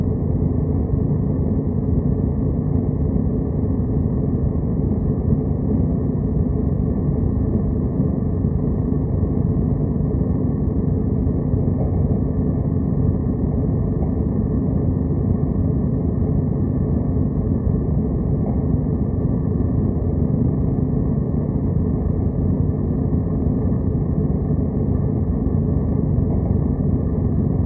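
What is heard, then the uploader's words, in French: A steady brown noise from a technical plant room: a deep, even rumble weighted heavily toward the low end, with little above the mids. It holds at a constant level for the whole half minute, without distinct events or changes. Chambre technique - bruit brun.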